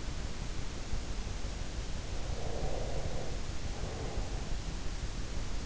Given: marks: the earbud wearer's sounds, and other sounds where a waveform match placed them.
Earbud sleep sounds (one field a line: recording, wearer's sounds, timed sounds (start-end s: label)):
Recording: sounds in sleep by an in-ear microphone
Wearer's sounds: breath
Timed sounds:
2.24-4.50 s: breath